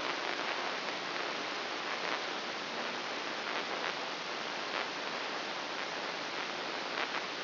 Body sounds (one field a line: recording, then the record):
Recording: brain microelectrode recording played as sound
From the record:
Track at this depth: inside the subthalamic nucleus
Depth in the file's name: 5.905 mm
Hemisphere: left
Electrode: 3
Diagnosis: Parkinson's disease